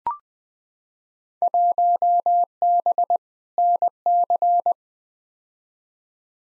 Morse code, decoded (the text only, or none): 1B NC